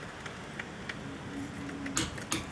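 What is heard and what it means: A click-type torque wrench set to 75 ft-lb tightens a fastener on a vehicle, with soft ticks over a low background hum. The wrench gives sharp clicks at 2.0 s and 2.3 s, confirming the fastener has reached 75 foot-pounds.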